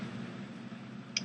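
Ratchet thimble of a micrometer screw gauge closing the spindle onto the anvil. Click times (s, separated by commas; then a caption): 1.2 s. The ratchet thimble of a micrometer screw gauge is turned once with the spindle closed onto the anvil. Over a steady low hum it gives a single sharp click at 1.2 s. The click shows that the measuring pressure is correct and not excessive.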